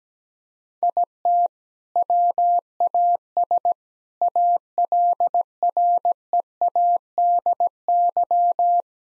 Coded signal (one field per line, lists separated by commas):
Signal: Morse code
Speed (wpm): 17 wpm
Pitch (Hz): 700 Hz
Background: none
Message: IT WAS ALREADY